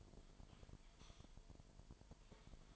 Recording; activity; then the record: daily activity, microphone in the room; typing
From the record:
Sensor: 5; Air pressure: 1002.1 hPa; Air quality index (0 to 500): 228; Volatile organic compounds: 30 ppm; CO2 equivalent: 2960 ppm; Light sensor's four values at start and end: 10/24/10/11 and 10/24/10/11